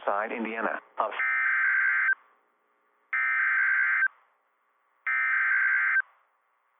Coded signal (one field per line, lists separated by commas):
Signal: Emergency Alert System (SAME) tones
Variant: header bursts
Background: speech